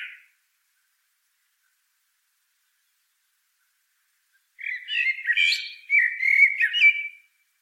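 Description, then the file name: Common blackbird song: after a brief note and a long silence, one burst of mellow fluted whistles with a squeaky, chuckling end, lasting about two and a half seconds. "Turdus merula"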